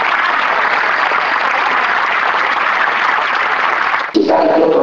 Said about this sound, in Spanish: Fuerte el aplauso, el estanque de Betesda. Se llama Jesucristo, está aquí con nosotros en esta noche.